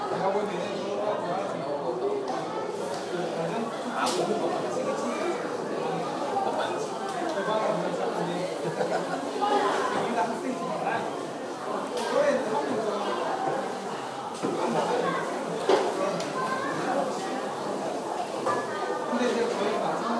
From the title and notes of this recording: Noise in starbucks at 스타벅스 시티세븐점 by yagatino.